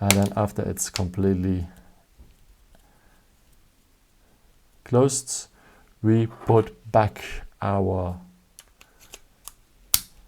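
Someone talks while the metal emergency key blade is slid back into the closed plastic smart key fob of a Kia Optima (2015-2020), with a few faint light ticks as it goes in. The blade latches with a loud, sharp click at 9.9 s, seating it in the fob housing.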